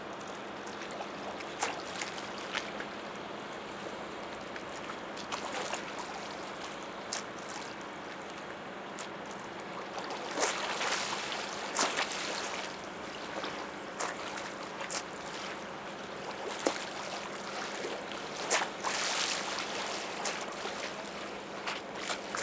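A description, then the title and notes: Outdoor ambience on a city embankment by the water, with a steady low engine hum, likely a passing boat, running throughout. Water splashes and laps in short bright bursts, growing busier around the middle and again near the end. Lieutenant Schmidt Embankment. Petersburg, Russia.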